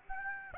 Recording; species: mosquito wingbeat signal from an infrared sensor; Aedes aegypti